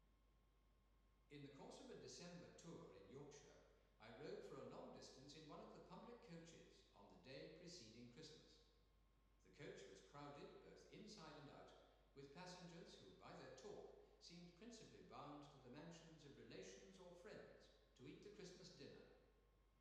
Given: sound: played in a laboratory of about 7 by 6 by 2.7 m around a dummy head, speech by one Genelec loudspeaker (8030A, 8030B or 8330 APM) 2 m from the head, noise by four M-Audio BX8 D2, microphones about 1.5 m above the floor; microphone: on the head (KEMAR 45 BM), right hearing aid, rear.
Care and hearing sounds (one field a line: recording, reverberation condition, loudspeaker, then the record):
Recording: male speech in English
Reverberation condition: high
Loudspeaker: 30 degrees to the right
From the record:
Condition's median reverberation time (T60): about 1300 ms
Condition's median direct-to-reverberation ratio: about -4.0 dB